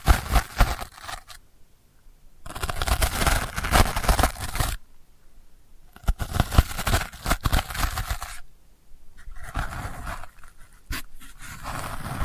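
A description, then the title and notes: Delicate scratching comes in bursts of dense, rustling strokes, the busiest stretches around 2.5 to 5 seconds and 9 to 12 seconds. Quiet gaps separate the bursts, with a few sharp isolated scrapes near 6 and 11 seconds. The texture is bright and papery, with little low rumble. ASMR Delicate Scratching for Sleep (No Talking).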